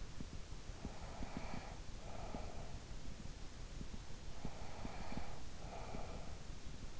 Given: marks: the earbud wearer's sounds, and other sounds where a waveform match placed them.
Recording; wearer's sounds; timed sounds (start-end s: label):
sounds in sleep by an in-ear microphone; breath
0.43-3.40 s: breath
3.87-7.00 s: breath